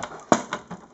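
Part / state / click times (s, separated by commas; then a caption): plastic storage cover on the back of a children's electronic storybook / released / 0.3 s. The plastic storage compartment cover on the back of a VTech Touch and Learn StoryTime Interactive StoryBook, a children's electronic storybook, is popped out so books can be stored behind it. A sharp, bright snap at 0.3 s is followed by a softer click near 0.5 s and faint rattles. The cover releases and comes free.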